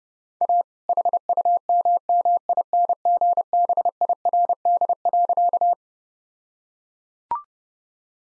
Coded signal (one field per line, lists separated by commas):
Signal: Morse code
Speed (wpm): 32 wpm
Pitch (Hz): 700 Hz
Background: none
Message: A HUMMINGBIRD.